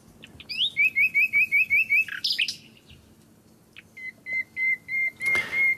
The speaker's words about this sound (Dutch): Ja. En als we het over vogelzang hebben, dan staat toch deze virtuoze zanger wel met stip op 1, de nachtegaal. Met zijn heldere en luide zang zingt hij deze maanden dag en nacht.